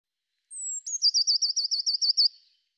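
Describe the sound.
Eurasian blue tit call: a thin, high whistle sliding slightly downward, then a fast run of about ten quick, even notes lasting a little over a second, against a silent background.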